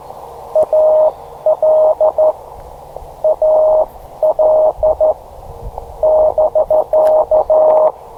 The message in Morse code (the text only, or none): AL AL <BK>